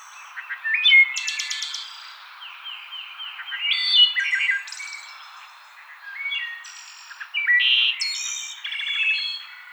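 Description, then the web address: Wood thrush singing clear, liquid phrases with high metallic trills, brief pauses between phrases. Recorded 6 May 2007. "Wood Thrush 2007 05 06"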